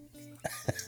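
Two short, sharp cough bursts, about a quarter second apart, come from an adult in the background, in a household where everyone is sick. A faint steady hum sits underneath. They are plain coughs, with no wheeze or whoop heard.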